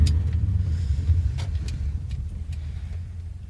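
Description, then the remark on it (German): A car engine rumbles steadily at low pitch while the vehicle rolls along and pulls into a parking lot on the right to stop, with a few faint clicks and ticks over the droning road noise and no voices. “Da rechts muss gleich am Parkplatz kommen, da halte ich dann.”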